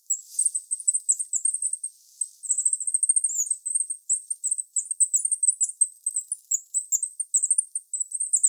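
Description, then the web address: Goldcrest calls: a rapid, near-continuous stream of very high, thin, tinkling notes, slightly varying in pitch, throughout. "regulus regulus call"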